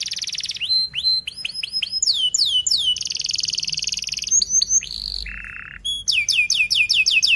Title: Kenari Gacor Speed RAPAT Cuit Cuit Ngero L Untuk Pancingan Kenari Paud Belajar Bunyi